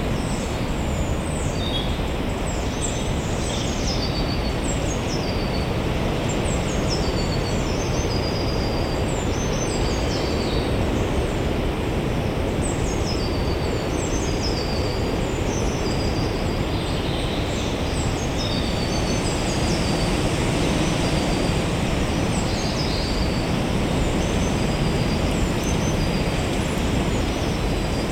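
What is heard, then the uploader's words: Wind roars steadily through Limbrick Woods, a thick, low rushing sound that barely rises or falls across the whole stretch. Above it, birds chirp and twitter almost constantly in short, high bursts, with a few livelier clusters around the middle and near the end. Tile Hill: Listening to the wind in Limbrick Woods, opposite Jardine Crescent. The birds and the wind above you, to your side, in front and behind. The recordings were captured using a binaural microphone between January and April 2022.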